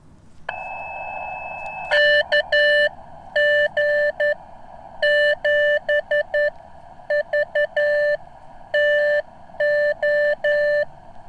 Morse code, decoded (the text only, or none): KG7VTO